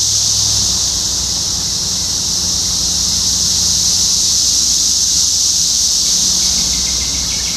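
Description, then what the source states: Cicada chorus as a constant high buzz, with a low hum underneath and a few faint chirps near the end. Several cicadas recorded in Topeka, Kansas, United States, on 14 June 2015.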